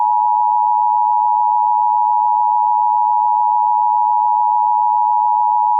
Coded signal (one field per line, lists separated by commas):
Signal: Emergency Alert System (SAME) tones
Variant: 853 and 960 Hz attention tone